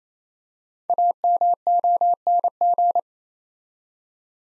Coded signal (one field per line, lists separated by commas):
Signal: Morse code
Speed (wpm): 28 wpm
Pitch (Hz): 700 Hz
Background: none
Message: AMONG